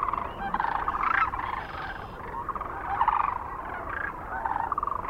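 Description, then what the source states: Sandhill Crane calls, a steady mass of rolling, trilled rattles from many birds overlapping without pause. Recorded near Kearney, Nebraska, on 9 March 2004.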